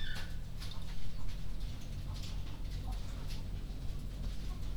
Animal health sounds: poultry house recording; sick chickens (respiratory disease)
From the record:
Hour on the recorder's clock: 20

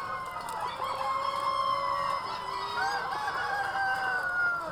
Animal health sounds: poultry house recording; healthy chickens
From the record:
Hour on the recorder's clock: 3

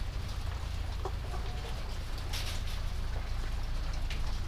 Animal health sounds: poultry house recording; sick chickens (respiratory disease)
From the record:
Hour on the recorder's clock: 4

